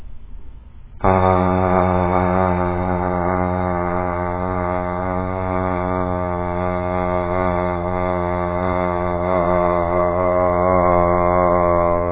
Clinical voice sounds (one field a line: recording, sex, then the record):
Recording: sustained vowel /a/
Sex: male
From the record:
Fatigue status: no fatigue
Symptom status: asymptomatic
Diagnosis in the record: COVID-19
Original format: 3gp